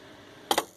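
A replacement ejector, held tight, is pushed forward on a Pitney Bowes DI200 mail folder-inserter so its two plastic tabs hook over the plastic frame of the machine. Two sharp plastic clicks are heard, at 0.5 s and 0.6 s, against a quiet background. The ejector is seated securely on.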